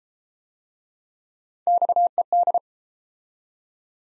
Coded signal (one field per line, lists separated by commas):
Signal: Morse code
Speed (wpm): 37 wpm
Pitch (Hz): 700 Hz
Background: none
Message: XED